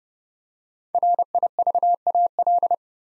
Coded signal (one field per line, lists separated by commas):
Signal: Morse code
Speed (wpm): 30 wpm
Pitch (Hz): 700 Hz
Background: none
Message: RIVAL